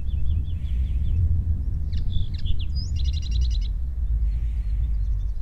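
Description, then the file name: Common linnet song: rapid twittering phrases of trills, buzzy notes and short whistles high in pitch, with a steady low rumble of background noise throughout. "Common Linnet Singing"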